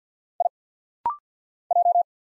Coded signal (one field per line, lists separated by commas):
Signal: Morse code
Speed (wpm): 48 wpm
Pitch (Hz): 700 Hz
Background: none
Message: I J